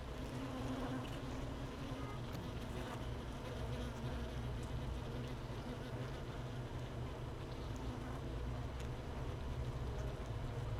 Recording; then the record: honeybee colony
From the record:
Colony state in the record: missing queen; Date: 31 May 2018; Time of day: 13:26